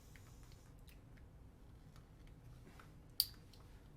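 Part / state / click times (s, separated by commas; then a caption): crimped terminal pin into a plastic battery plug housing / seated / 3.2 s. A crimped positive terminal pin with its hook is pushed into a plastic trolling-motor battery connector housing until the pin inside catches it. After a few faint ticks and handling rustles, a sharp snap at 3.2 s shows the terminal seating in the housing.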